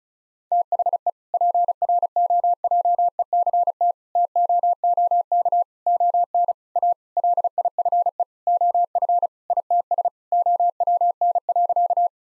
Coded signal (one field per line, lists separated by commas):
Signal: Morse code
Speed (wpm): 34 wpm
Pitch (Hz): 700 Hz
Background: none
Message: THE PROJECT TOOK ON A LIFE OF ITS OWN.